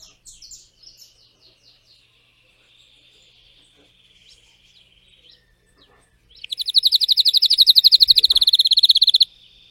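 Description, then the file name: Canary (Spanish Timbrado): canary song: soft scattered notes and a quiet trill, then a loud, fast pulsed roll lasting about three seconds. Song of a Spanish Timbrado canary, called 'canário belga' in the Portuguese source. "canto do canario belga timbrado espanhol"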